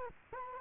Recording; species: mosquito wingbeat signal from an infrared sensor; Culex quinquefasciatus